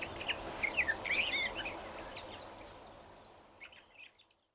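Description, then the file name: Eurasian blackbird song: a few short warbled, twisting phrases near the start, then fading to quieter chirps and silence at the end. "Turdus merula"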